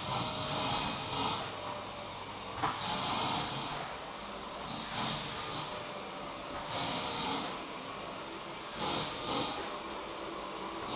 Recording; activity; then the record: daily activity, microphone in the room; vacuum cleaning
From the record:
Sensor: 1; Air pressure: 1009.6 hPa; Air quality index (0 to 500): 194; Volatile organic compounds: 19 ppm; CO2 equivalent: 2653 ppm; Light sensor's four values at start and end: 31/78/33/39 and 31/78/33/39